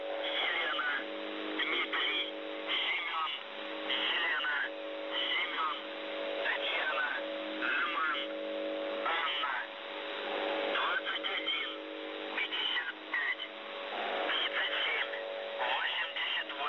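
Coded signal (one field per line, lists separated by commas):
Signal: numbers station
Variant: UVB-76, Russian voice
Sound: a male voice reading short words and numbers over a steady low hum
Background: radio static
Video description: MDZhB 80191 MEDSESTRA 2155 3788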